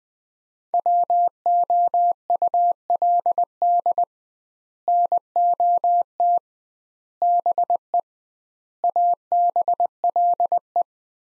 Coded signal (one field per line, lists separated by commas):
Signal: Morse code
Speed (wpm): 20 wpm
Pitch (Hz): 700 Hz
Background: none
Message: WOULD NOT BE ABLE